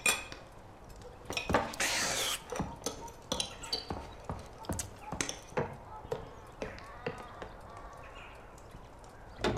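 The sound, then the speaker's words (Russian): Dishes clink and clatter in a series of sharp, irregular knocks, with a brief scraping rush, as they are carried to the kitchen, while faint voices murmur underneath. “Взял посуду и пошел на кухню помогать и сочувствовать.”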